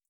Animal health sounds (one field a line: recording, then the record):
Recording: hydrophone in a shrimp aquaculture tank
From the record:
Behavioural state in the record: feeding